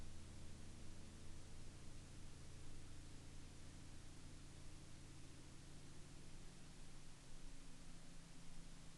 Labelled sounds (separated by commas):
aircraft